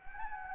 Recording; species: mosquito wingbeat signal from an infrared sensor; Anopheles gambiae